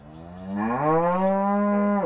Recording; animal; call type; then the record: contact call of a hoofed animal; cattle; low-frequency (closed-mouth) or high-frequency (open-mouth) call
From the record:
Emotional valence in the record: negative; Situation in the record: full separation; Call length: 2.1 s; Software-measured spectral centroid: 910 Hz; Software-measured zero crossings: 1060 a second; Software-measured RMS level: -23 dBFS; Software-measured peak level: -10 dBFS